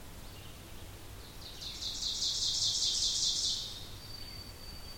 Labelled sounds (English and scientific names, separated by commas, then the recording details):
Ovenbird (Seiurus aurocapilla) song
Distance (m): 30 m
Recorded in boreal forest in Alberta, Canada, on 2 June 2016 at 07:35
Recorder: SongMeter 3, array SBT-3-7
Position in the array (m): 196 m, 9 m
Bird 6